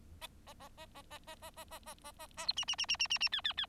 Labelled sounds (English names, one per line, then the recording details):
Bengalese Finch song
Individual Bird4